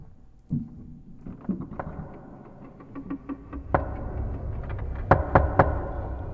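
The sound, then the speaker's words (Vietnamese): A person knocks sharply on a living-room door in uneven bursts, building to a cluster of loud, crisp raps near the end over a low rumbling background. “Tiếng gõ cửa rất có tiết tấu, nhất định là người.”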